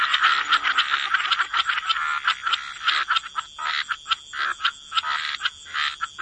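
Frogs croaking in a dense chorus, overlapping rasping croaks pulsing several times a second, with a steady high ringing tone underneath.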